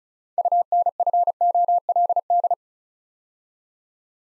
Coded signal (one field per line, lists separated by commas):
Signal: Morse code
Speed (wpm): 35 wpm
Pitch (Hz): 700 Hz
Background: none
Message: UNFOLD